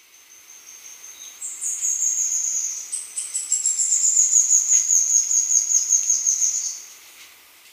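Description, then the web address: Red-faced spinetail giving a thin, very high trill of rapid notes that lasts about five seconds, swelling then fading, over a quiet background. Recorded in Ecuador. "Birds of Ecuador. Red-faced Spinetail"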